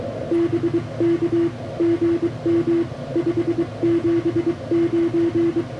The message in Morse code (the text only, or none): BK GM 579